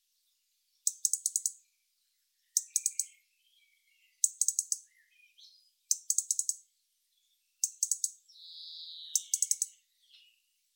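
A European robin gives short, bright bursts of rapid high ticking notes, repeated about every one and a half seconds. Between bursts come softer, thinner lower whistles, one drawn out near the end. The background is silent.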